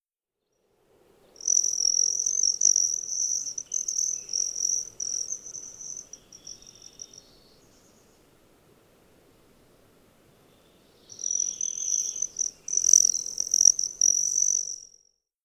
The buzz of a Broad-tailed Hummingbird in flight recorded on the Cow Creek Trail in Rocky Mountain National Park.